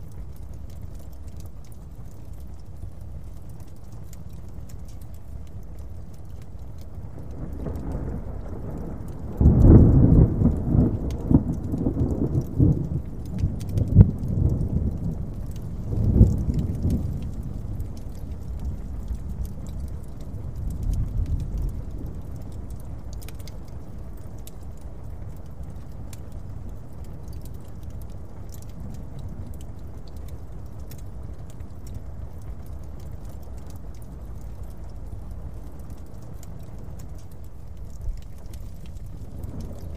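A distant thunderstorm rolls in low and deep, swelling into a long rumble from about ten to seventeen seconds before fading away by twenty-two. Soft, sparse crackles and light taps sit over a quiet, steady hush throughout.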